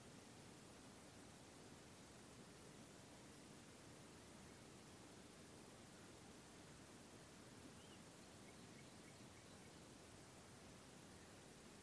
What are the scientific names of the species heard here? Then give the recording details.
Luscinia megarhynchos. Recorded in France